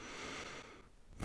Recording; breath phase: one breath near a microphone; inhalation